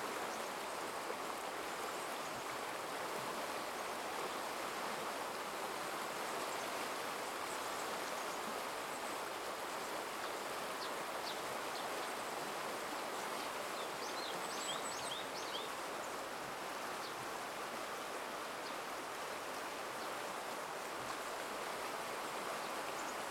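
A small stream babbles steadily after rain, a dense, even rush centered in the middle range with little change over the whole stretch. Birds chirp faintly above it, with a cluster of quick bright calls around the middle and a few scattered elsewhere.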